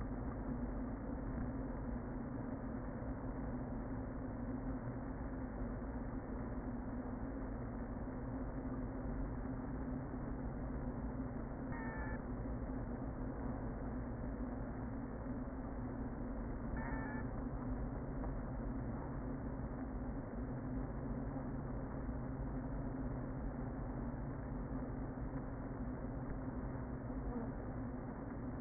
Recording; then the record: honeybee colony, microphone inside the hive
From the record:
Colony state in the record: queen present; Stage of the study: before two queens were removed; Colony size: about 60,000 bees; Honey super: yes